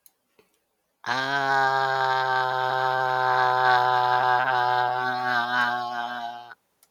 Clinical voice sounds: vowel held as long as possible; male; 30 to 39 years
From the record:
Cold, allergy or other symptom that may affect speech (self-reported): no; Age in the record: 37 years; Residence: Pennsylvania, United States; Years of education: 12

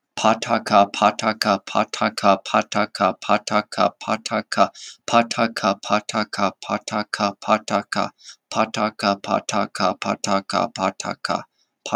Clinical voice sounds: repeated syllables /pa ta ka/; male; 30 to 39 years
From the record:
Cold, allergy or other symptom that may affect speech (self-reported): no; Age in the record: 33 years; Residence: Utah, United States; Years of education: 12

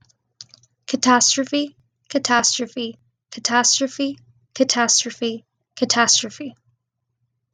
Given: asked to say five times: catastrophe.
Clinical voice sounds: repeated word; female; 20 to 29 years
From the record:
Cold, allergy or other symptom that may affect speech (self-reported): no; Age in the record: 20 years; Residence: Texas, United States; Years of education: 14

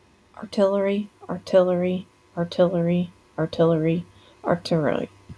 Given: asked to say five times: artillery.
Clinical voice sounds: repeated word; female; 30 to 39 years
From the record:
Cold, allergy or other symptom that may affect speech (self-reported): no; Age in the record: 35 years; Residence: Ohio, United States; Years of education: 17

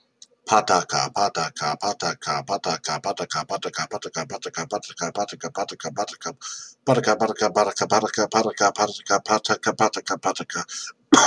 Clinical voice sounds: repeated syllables /pa ta ka/; male; 30 to 39 years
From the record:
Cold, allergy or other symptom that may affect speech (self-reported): no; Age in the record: 34 years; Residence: New Jersey, United States

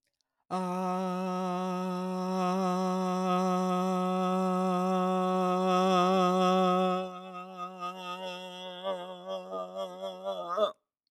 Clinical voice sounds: vowel held as long as possible; male; 60 to 69 years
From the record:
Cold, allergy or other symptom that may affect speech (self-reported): no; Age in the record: 65 years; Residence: United States

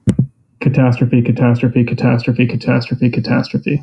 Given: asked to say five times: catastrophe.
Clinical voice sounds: repeated word; male; 30 to 39 years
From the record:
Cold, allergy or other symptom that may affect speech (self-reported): no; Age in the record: 30 years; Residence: Texas, United States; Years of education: 18

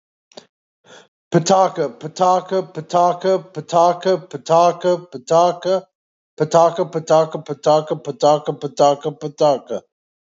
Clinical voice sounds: repeated syllables /pa ta ka/; male; 40 to 49 years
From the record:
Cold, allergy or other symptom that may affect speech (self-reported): no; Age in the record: 40 years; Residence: Georgia, United States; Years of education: 18

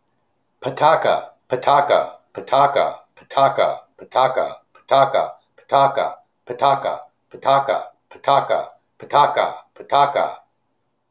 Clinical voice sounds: repeated syllables /pa ta ka/; male; 50 to 59 years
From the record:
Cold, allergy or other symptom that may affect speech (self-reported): no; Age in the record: 56 years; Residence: North Carolina, United States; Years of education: 16

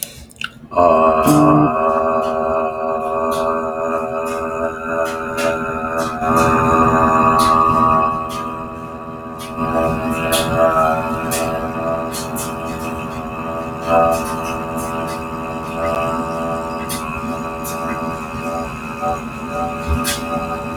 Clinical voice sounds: vowel held as long as possible; male; 20 to 29 years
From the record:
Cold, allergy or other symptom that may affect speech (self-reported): no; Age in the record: 24 years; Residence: Pennsylvania, United States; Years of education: 18

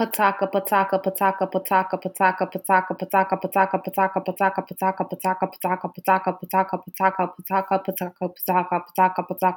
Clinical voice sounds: repeated syllables /pa ta ka/; female; 20 to 29 years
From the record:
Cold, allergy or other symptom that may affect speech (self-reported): no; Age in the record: 25 years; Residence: New York, United States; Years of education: 18

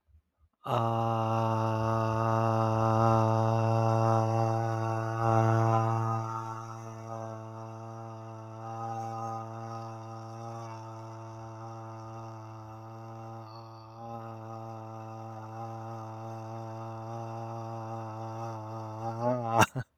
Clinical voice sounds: vowel held as long as possible; male; 30 to 39 years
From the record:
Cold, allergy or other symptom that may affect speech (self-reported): no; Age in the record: 38 years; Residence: New York, United States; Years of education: 18

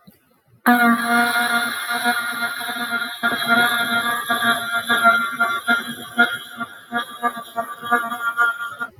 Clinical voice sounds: vowel held as long as possible; female; 20 to 29 years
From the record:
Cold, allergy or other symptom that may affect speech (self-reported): no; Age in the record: 22 years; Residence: North Carolina, United States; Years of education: 16

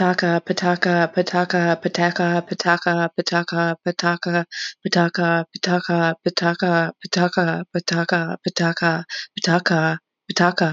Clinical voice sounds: repeated syllables /pa ta ka/; female; 30 to 39 years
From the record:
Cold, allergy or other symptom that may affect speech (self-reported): no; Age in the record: 31 years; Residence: Pennsylvania, United States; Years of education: 12

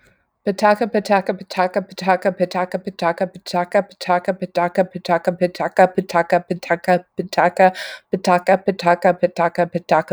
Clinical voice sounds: repeated syllables /pa ta ka/; female; 40 to 49 years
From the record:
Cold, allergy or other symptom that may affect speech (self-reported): no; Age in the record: 46 years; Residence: California, United States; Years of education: 18

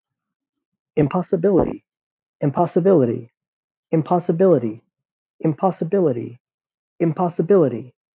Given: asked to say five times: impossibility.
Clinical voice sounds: repeated word; male; 30 to 39 years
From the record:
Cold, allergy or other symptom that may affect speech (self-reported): no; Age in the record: 34 years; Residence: Nebraska, United States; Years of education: 20

